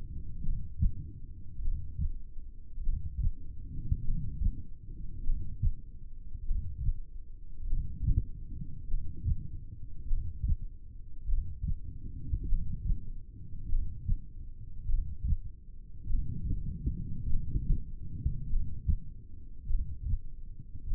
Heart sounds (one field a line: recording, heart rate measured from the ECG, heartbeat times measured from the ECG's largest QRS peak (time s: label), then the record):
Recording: heart sounds by stethoscope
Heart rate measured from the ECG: 50 bpm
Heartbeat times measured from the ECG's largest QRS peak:
0.44 s: heartbeat
1.64 s: heartbeat
2.85 s: heartbeat
4.06 s: heartbeat
5.25 s: heartbeat
6.47 s: heartbeat
7.69 s: heartbeat
8.90 s: heartbeat
10.10 s: heartbeat
11.30 s: heartbeat
12.50 s: heartbeat
13.70 s: heartbeat
14.90 s: heartbeat
16.11 s: heartbeat
17.31 s: heartbeat
18.51 s: heartbeat
19.71 s: heartbeat
20.91 s: heartbeat
From the record:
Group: heart failure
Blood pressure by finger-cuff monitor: 118/69 mmHg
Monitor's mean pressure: 86 mmHg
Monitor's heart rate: 50 bpm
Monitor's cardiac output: 4.3 L/min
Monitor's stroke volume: 87 mL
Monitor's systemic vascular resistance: 1440 dyn s/cm5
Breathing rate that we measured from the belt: 14 breaths a minute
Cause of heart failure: cardiac sarcoid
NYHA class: 1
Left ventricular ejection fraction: 39%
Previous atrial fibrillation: present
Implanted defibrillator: present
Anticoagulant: apixaban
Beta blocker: carvedilol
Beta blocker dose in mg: 50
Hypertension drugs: ramipril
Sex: male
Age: 79 years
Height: 184 cm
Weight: 92.5 kg